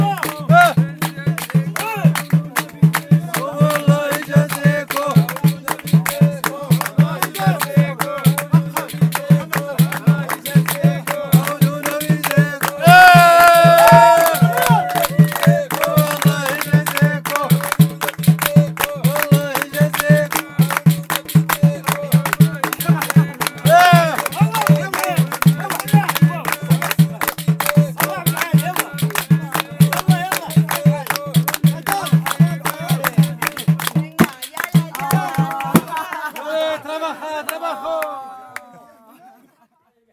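Street life in a Moroccan town, with many voices talking over a steady low hum that runs until about 36 seconds. Around 13 seconds and again near 24 seconds a louder voice rises above the chatter, and the scene thins out and fades in the final seconds.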